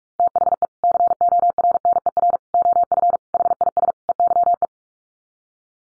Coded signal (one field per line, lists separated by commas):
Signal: Morse code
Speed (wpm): 44 wpm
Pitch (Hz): 700 Hz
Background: none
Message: THE CORNER OF HIS EYE